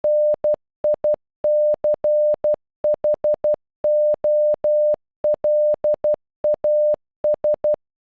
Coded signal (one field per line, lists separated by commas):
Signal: Morse code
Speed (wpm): 12 wpm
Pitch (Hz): 600 Hz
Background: none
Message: NICHOLAS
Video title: Nicholas in Morse code